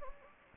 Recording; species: mosquito wingbeat signal from an infrared sensor; Anopheles gambiae